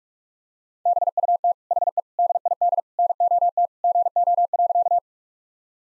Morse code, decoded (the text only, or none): BUT HE DID NOT GO.